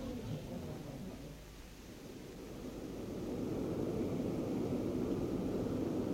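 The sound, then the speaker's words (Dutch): A steady, low airplane engine drone of a plane in flight bound for Brasilia rumbles on without a break, swelling slightly louder partway through and then holding at that level to the end. “Laten we proberen ons vliegtuig te halen.”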